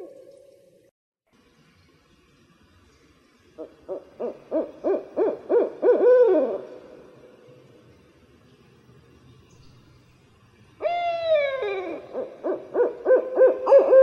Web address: Songs of Birds of North America Western USA Songbirds. Barred Owl